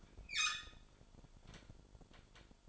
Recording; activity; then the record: daily activity, microphone in the room; open fridge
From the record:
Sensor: 5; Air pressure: 1007.9 hPa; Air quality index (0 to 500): 95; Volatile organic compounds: 1 ppm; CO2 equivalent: 747 ppm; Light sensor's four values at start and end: 39/90/38/39 and 40/92/39/40